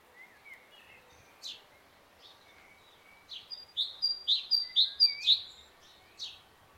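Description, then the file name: Great tit song: a quick series of repeated two-note phrases lasting about two seconds, preceded and followed by soft scattered chirps. "Parus major"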